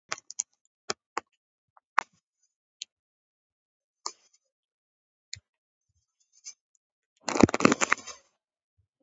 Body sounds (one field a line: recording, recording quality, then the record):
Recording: deep breathing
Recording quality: poor, much background noise or distortion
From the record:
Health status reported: COVID-19 positive, mild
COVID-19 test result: positive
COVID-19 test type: RT-PCR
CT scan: taken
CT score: 4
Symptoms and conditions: muscle pain, diabetes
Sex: female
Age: 59 years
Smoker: no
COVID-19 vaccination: both doses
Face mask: worn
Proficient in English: yes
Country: India